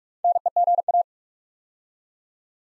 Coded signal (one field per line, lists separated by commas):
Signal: Morse code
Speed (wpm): 44 wpm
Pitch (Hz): 700 Hz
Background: none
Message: NEGA